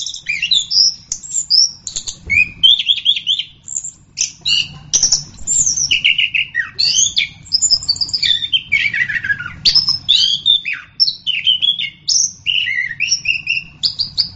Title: anis kembang